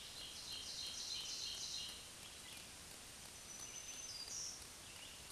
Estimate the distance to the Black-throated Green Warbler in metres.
about 30 m